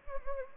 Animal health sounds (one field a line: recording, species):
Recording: mosquito wingbeat signal from an infrared sensor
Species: Anopheles gambiae